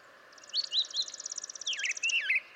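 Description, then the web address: Brown Thrasher phrases of swooping slurred whistles mixed with a fast, dry, even trill running high above them. "birdsongforthecurious Brown Thrasher"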